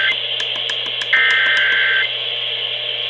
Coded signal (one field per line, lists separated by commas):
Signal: Emergency Alert System (SAME) tones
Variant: header bursts